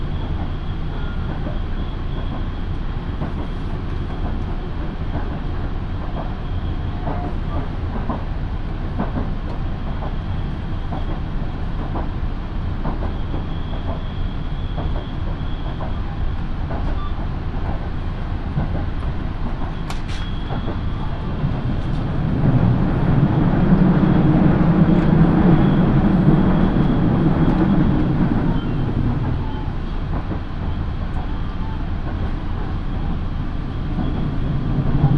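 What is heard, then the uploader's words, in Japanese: Inside a local train riding the line, a steady low rumble of wheels and motor fills the cabin, with faint rhythmic clicks from the rails. Around twenty-three seconds the roar swells into a deeper, louder hum for several seconds before easing back. 身延線 富士→芝川。身延線を各駅停車で乗り通します。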